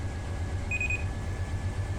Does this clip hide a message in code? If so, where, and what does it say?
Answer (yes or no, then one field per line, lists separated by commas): no